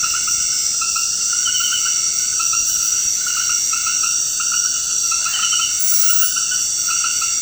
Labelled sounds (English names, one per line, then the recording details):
none
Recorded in dense forest near Puerto Asís, Putumayo, Colombia, on 19 February 2024 at 22:00
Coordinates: 0.472, -76.329
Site G6394